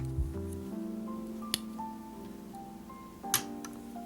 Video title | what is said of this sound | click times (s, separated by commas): Building - Testors 1:24 / 1966 Pontiac GTO - Metal Platinum Series Model | and you just pop the outside rearview mirror into the hole and it snaps right in | 1.5 s